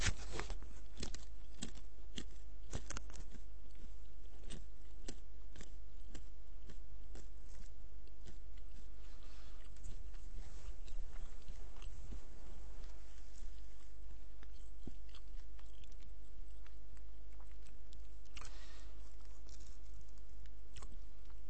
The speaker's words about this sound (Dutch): Neem een hapje pistache.